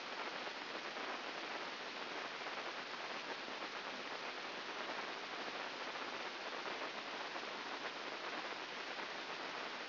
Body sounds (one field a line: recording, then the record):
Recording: brain microelectrode recording played as sound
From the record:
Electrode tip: inside the subthalamic nucleus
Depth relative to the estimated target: -1.5 mm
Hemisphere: left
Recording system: AlphaMap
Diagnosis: Parkinson's disease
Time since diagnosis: 14 years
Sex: female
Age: 58 years